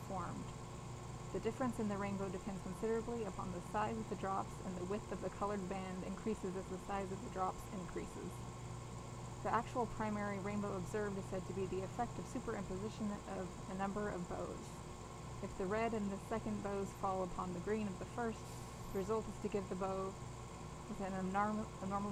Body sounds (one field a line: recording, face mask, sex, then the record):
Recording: reading aloud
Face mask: surgical mask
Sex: female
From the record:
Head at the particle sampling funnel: turned sideways, cheek in front of it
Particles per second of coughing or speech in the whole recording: 0.843